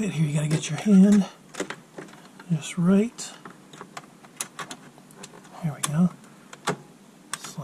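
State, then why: Seated. A PCIe network adapter card, a circuit board with a metal bracket, is slid into a motherboard expansion slot and pushed home. Someone talks while scattered small taps and knocks are heard. A sharp click at 7.3 s marks the card seating in the slot.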